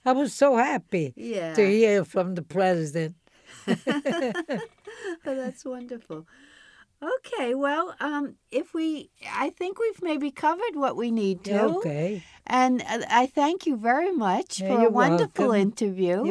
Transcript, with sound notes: I was so happy to hear from the president. (laughs)
Oh, that's wonderful. Okay, well if we, I think we've maybe covered what we need to, and I thank you very much for a wonderful interview.